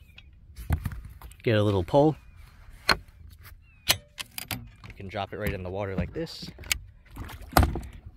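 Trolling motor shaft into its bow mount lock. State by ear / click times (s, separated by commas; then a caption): seated / 7.6 s. Someone talks while a Minn Kota Edge trolling motor is pulled by its handle and dropped into the water, with scattered knocks and rattles from the gear. At 7.6 s the shaft locks into its bow mount on its own with a sharp metallic clunk, seating the motor in the deployed position.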